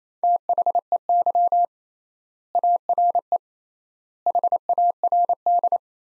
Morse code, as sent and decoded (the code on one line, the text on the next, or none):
- .... . -.-- / .- .-. . / .... .- .-. -..
THEY ARE HARD